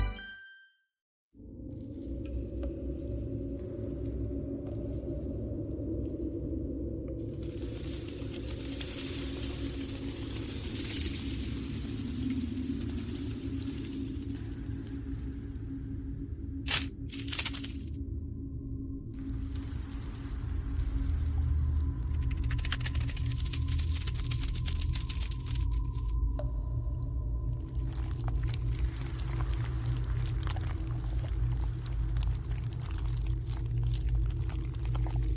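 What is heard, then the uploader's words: An alien hive ambience of low, steady droning rumble that swells slightly louder after twenty seconds. Brief bursts of bright hiss and crackle break in near eleven, seventeen, and twenty-five seconds, and a thin sustained tone hangs briefly over the drone. Alien hive ASMR ambience. Predator cave | relaxing slimy sounds.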